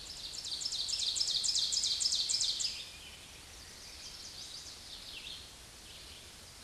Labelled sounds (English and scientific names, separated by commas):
Ovenbird (Seiurus aurocapilla) song